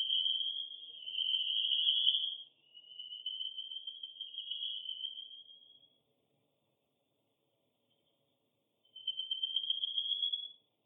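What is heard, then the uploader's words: Crickets trill in a steady high-pitched buzz for about six seconds, fall silent for nearly three, then resume briefly near the end. Night Sounds - Crickets.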